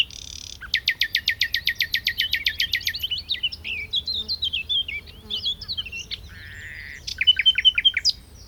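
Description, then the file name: Common nightingale song with a rapid, steady series of many sharp repeated notes, then jumbled high chirps, a lower sustained note and a short closing trill. "Luscinia megarhynchos"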